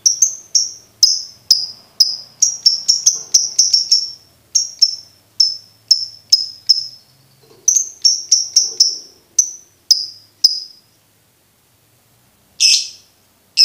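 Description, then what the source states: Lovebird calls: rapid series of bright, high chirps, briefly pausing, then resuming, ending with a louder buzzy burst after a short silence. Used to train birds to learn ngekek singing.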